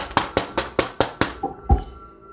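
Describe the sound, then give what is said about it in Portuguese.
Rapid, steady knocking on a rice-paper door in the morning: about six sharp raps in quick succession, then a heavier, deeper thud to finish. No voices are heard. “E aí, na manhã seguinte, vocês são despertados pelo bater na porta de vocês.”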